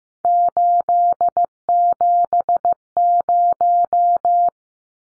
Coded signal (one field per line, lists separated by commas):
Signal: Morse code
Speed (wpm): 16 wpm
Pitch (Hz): 700 Hz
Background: none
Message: 870